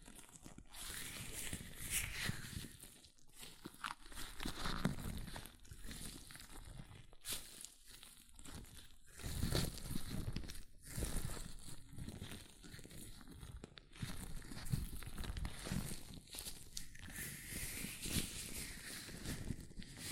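Latex gloves rub, squeak and crinkle as hands move, a near-continuous run of dense rustling with small bursts and brief pauses every second or two. The sound is bright and hissy with some low thumps, swelling louder around the middle and again near the end.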